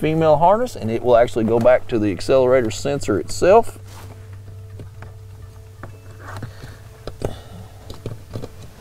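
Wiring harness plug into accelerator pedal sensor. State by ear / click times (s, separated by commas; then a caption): not seated / none. Someone talks for the first few seconds while the female harness plug of an Edge Amp Throttle Booster 2.0 is brought to the accelerator pedal sensor, followed by quieter handling with a few brief sharp taps between about 5.8 and 7.3 seconds. The plug has not yet been pushed home, so nothing has seated or clicked yet and the locking tab has not been pressed down.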